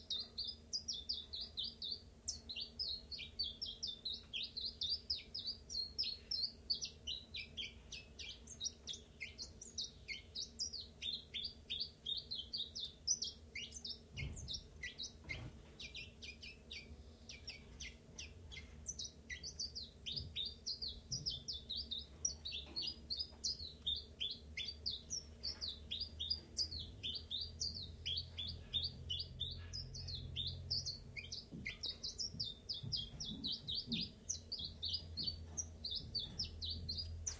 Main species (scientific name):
Phylloscopus collybita